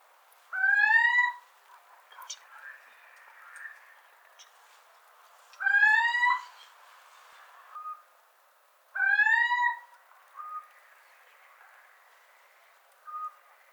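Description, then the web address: Little owl repeating a loud rising mewing call three times, a few seconds apart, with fainter short plaintive notes in between. "athene noctua call"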